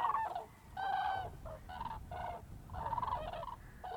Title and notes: Grues en vol - Polder Glies - Bremerhaven, Germany